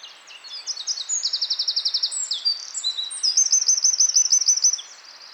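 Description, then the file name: Eurasian wren song, a fast, high-pitched torrent of rattling trills and piercing notes running through the whole stretch, then briefly fading at the close. "Troglodytes troglodytes"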